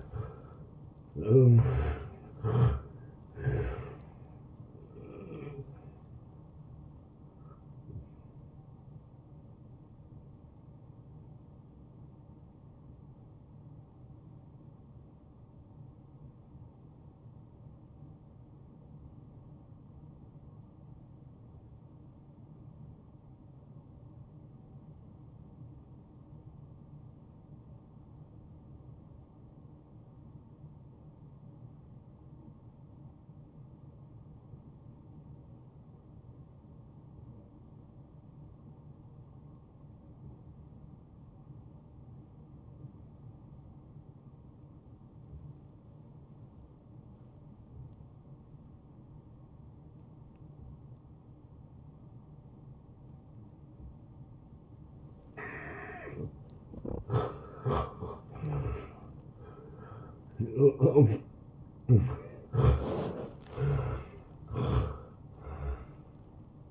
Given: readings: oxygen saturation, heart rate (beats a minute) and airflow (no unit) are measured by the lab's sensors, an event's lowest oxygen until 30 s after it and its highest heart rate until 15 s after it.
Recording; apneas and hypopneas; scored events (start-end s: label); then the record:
breathing in sleep by a smartphone at the bedside; 1
19.00-55.60 s: obstructive apnea (N1, oxygen 95% highest, then 83% lowest)
29.00-59.00 s: new sleep stage, N2 (light sleep)
59.00-66.71 s: new sleep stage, N1 (lightest sleep)
From the record:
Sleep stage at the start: N1 (lightest sleep); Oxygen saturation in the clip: 82 to 95%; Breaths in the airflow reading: 7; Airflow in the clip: -17.2 to 10.5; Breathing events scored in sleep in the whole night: 263 in 5.5 hours asleep